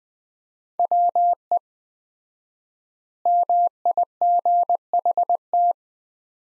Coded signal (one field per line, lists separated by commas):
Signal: Morse code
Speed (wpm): 20 wpm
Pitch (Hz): 700 Hz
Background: none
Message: WE MIGHT